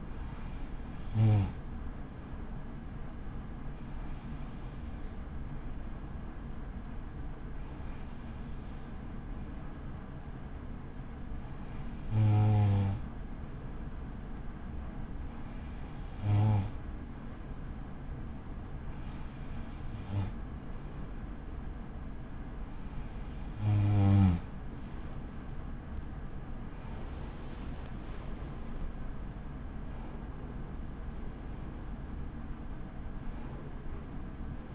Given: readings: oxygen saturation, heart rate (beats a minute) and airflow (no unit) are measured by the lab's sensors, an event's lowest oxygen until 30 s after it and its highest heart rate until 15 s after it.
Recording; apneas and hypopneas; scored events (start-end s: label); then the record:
breathing in sleep by a smartphone at the bedside; none
none scored
From the record:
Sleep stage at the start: N2 (light sleep); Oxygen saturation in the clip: 94 to 95%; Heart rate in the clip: 50 to 71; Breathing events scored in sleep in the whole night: 83 in 6.1 hours asleep